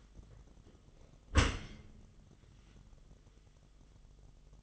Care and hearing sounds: daily activity, microphone in the room; close dishwasher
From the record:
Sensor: 4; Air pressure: 1005.6 hPa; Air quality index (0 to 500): 112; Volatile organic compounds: 3 ppm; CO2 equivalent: 1398 ppm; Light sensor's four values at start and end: 11/25/10/10 and 11/25/10/10

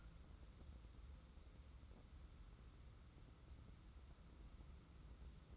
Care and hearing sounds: daily activity, microphone in the room; wipe stove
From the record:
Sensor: 3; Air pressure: 994.4 hPa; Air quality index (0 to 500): 209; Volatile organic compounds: 1000 ppm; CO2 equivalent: 6969 ppm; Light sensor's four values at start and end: 180/432/180/177 and 197/475/200/199

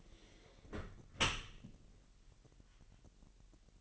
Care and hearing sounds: daily activity, microphone in the room; close dishwasher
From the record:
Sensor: 4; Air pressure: 1001.4 hPa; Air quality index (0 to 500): 250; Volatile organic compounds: 43 ppm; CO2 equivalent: 3202 ppm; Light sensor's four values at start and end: 8/17/7/6 and 8/17/7/6

